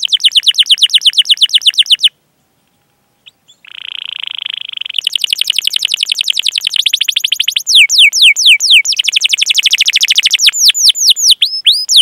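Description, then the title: Domestic canary song: quick trilled phrases, a silent gap, a buzzy churring segment, then fast trills and bold downward-sweeping whistles. Lively singing canary with the best song phrasing (cengkok) and most luxurious fills. "Kenari Gacor Cengkok Terbaik Isian Paling Mewah"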